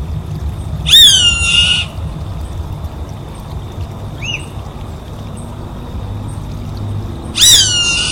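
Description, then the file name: Savanna hawk giving two long, hoarse, drawn-out screams that slide downward, about six seconds apart, with faint short chirps from another bird and a steady high whine. "Canto do gaviao vaqueiro"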